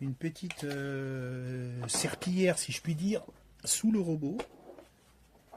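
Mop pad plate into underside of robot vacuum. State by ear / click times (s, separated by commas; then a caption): seated / 4.8 s, 5.5 s. Someone talks while a small mop pad plate is fitted into the underside of an iRobot Roomba 105 Combo robot vacuum (with AutoEmpty Dock), with a steady harmonic tone heard early on. After the talking stops, two faint plastic clicks come at 4.8 s and 5.5 s as the mop plate seats under the robot.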